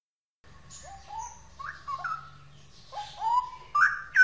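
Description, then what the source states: Straw-headed bulbul whistling mellow rising notes in pairs, then a louder, bubbling flourish at the close. Song in the style called ropel; labelled as original (asli).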